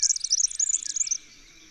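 Red-backed fairywren song: a short burst of very high, rapid trilled notes lasting just over a second, then stopping.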